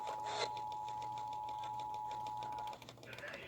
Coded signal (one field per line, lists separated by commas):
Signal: Emergency Alert System (SAME) tones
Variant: 853 and 960 Hz attention tone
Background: speech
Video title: A CURSED WEATHER EVENT... EAS Alerts from 8/6/20 (EAS #4,842 - 4,888)